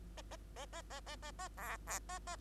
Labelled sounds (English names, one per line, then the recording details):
Bengalese Finch song
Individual Bird2